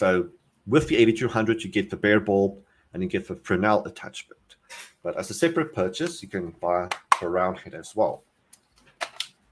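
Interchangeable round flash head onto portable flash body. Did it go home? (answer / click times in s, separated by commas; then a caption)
yes / 9.2 s. Someone talks while an interchangeable round flash head, bought separately, is fitted onto the body of an 8200 portable flash, which comes with a bare bulb and a Fresnel attachment. After a few faint ticks, the head is twisted until it locks, with a sharp click at 9.2 s as it seats in place.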